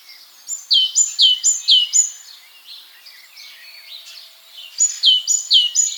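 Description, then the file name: Great tit song: a quick series of high notes, each sliding downward, pausing, then resuming. "Parus major"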